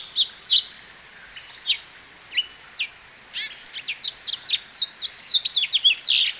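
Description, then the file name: House finch giving scattered sharp chirps at first, then building into a quicker run of bright twittering notes toward the end; quiet background hiss. "House Finch Haemorhous mexicanus Marvin"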